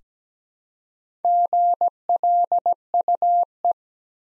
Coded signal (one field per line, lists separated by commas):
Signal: Morse code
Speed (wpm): 17 wpm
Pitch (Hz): 700 Hz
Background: none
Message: GLUE